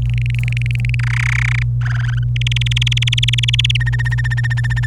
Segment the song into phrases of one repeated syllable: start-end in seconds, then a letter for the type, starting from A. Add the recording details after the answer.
0.02-0.95 A, 0.99-1.63 B, 1.81-2.24 C, 2.36-3.77 D, 3.80-4.86 E. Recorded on 26 April 2018 at 12:11. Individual llb3